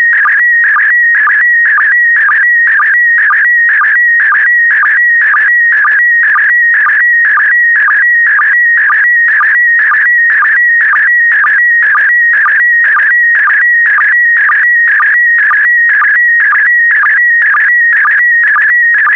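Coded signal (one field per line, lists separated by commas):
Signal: SSTV (slow-scan television)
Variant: PD120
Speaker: the next image transmission will start in 10 seconds five four three two one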